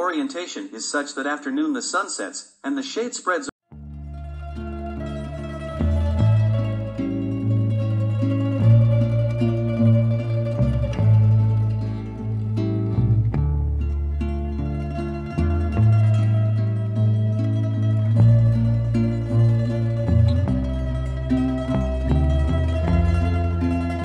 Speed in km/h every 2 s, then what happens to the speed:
22, 17, 12, 14, 20, 25, 29, 32, 33, 30, 25, 22.
0-4 slows to 12. 4-14 speeds up to 32. 17-24 slows to 22.